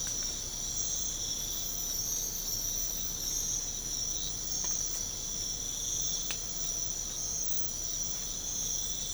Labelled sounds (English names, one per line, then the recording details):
none
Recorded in pastures near Puerto Asís, Putumayo, Colombia, on 22 December 2024 at 04:30
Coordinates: 0.496, -76.326
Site G004